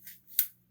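The spring-loaded blade holder on a metal straight razor is pulled back to load a fresh Feather Artist Club professional blade, with a faint rustle first and then a sharp, bright click at 0.4 s. The holder clicks open and releases.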